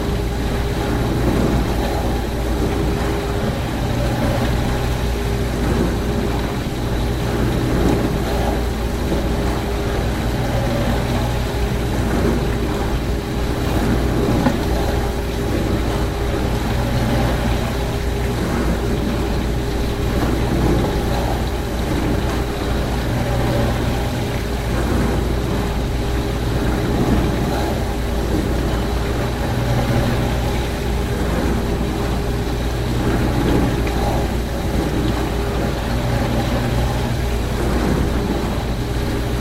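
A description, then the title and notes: A dishwasher runs steadily through its cycle, a constant low hum with a fixed motor tone underneath. Water sloshes and splashes inside continuously, a dense churning wash with no pauses or changes over the whole stretch. Soothing Sounds of a Running Dishwasher. The calming sounds of a dishwasher in action, as it cleans and rinses dishes in a steady cycle. The gentle hum of the dishwasher and the sound of water splashing.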